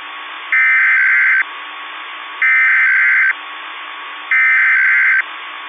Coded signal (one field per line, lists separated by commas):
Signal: Emergency Alert System (SAME) tones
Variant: header bursts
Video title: Silent Blizzard - An EAS Scenario